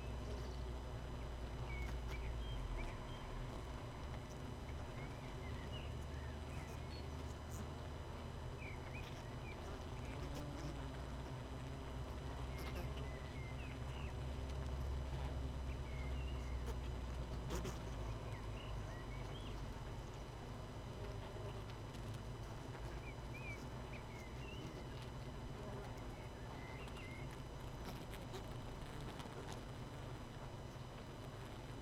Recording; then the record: honeybee colony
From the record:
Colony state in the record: missing queen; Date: 31 May 2018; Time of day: 18:47